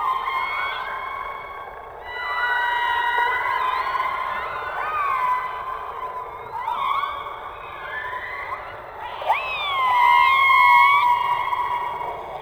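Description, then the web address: Orca calls underwater: sustained harmonic tones with sliding upswept squeals, a sharp rising call near nine seconds and long wavering notes after, against background hiss. "subacuatica Audio archivos Orcas"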